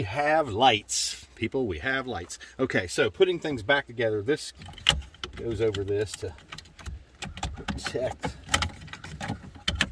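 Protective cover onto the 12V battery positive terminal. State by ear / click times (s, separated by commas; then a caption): seated / 9.7 s, 9.8 s. Someone talks while reassembling the 12V battery area of a 2006 Toyota Prius, with scattered light clicks and handling noises. The plastic protective cover is pushed onto the battery's positive terminal and gives two sharp plastic snaps at 9.7 s and 9.8 s as it seats.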